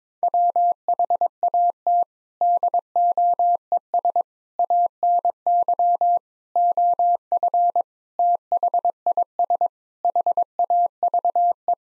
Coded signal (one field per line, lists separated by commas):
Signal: Morse code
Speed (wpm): 22 wpm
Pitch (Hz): 700 Hz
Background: none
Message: WHAT DOES ANY OF THIS HAVE